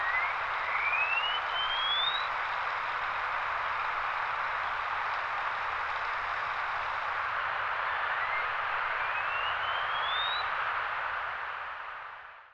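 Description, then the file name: Wallcreeper giving two thin, rising whistled phrases about eight seconds apart, each climbing step by step to a high note, over constant loud rushing noise. "Tichodroma muraria"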